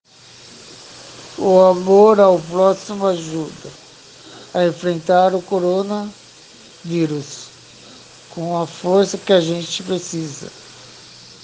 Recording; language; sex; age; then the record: spoken sentence; Brazilian Portuguese; male; 40 to 49 years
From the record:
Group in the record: respiratory insufficiency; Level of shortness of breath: 5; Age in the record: 40 years